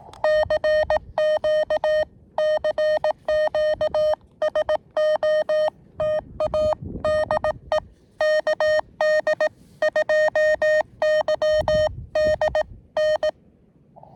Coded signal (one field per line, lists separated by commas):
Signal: Morse code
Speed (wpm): 18 wpm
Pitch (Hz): 620 Hz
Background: none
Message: CQ CQ SOTA DE KD2YDN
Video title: KD2YDN activating W2/GC-010 Summits On The Air QRP (SOTA) & K-5108 Parks On The Air (POTA)